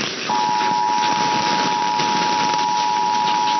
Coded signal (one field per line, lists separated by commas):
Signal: Emergency Alert System (SAME) tones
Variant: 853 and 960 Hz attention tone